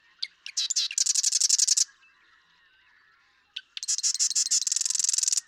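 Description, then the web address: Marsh Wren song: short clicks leading into a rapid, harsh, gurgling trill, repeated after a pause of nearly two seconds. "birdsongforthecurious Marsh Wren"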